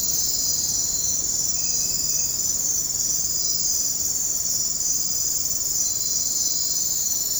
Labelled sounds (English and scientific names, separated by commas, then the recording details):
none
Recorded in dense forest near Puerto Asís, Putumayo, Colombia, on 20 February 2024 at 04:00
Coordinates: 0.503, -76.322
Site G6418